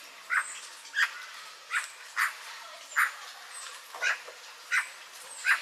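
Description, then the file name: Eurasian magpie giving harsh, rasping single calls, repeated irregularly about once or twice a second, with faint high chirps in the background. "Pica pica"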